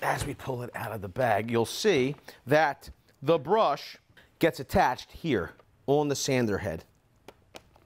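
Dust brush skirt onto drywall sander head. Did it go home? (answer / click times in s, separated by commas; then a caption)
yes / 7.6 s. A plastic dust brush skirt is pressed onto the head of a Makita cordless drywall sander while someone talks. After the talking ends, a few short sharp clicks sound, and the brush snaps in place at about 7.6 s. The brush goes around the sanding head so drywall dust is sucked in through the head and the vac and out of the tool instead of dropping to the floor.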